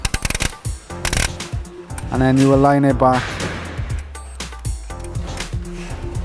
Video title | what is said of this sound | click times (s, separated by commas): How to-Classic wide vertical wand operated headrail | you hear the click the other side, | 0.1 s, 0.2 s, 1.2 s